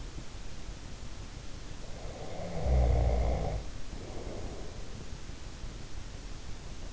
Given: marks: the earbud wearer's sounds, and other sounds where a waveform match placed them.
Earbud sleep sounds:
sounds in sleep by an in-ear microphone; snoring breath
1.86-5.41 s: snoring breath

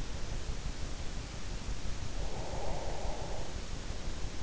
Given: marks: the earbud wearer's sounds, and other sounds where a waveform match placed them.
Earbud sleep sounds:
sounds in sleep by an in-ear microphone; breath
2.02-3.83 s: breath

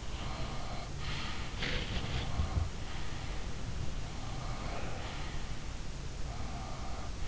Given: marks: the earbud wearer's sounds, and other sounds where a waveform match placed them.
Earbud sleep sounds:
sounds in sleep by an in-ear microphone; body movement
0.10-3.44 s: sound from someone else or the room
1.61-3.44 s: body movement
4.12-5.52 s: sound from someone else or the room
6.20-7.28 s: sound from someone else or the room

